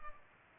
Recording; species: mosquito wingbeat signal from an infrared sensor; Culex pipiens